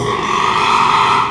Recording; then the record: squeal of a Yucatan mini pig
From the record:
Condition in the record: after surgery on the right vocal fold (resection and tissue-engineered implant); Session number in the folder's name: 1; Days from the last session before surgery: 6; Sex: male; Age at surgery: 12 weeks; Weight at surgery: 13 kg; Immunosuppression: cyclosporine, prednisolone